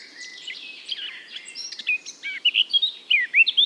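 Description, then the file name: Eurasian blackcap warbling briefly, with a scratchy run that ends in several louder, clear whistled notes. "Sylvia atricapilla"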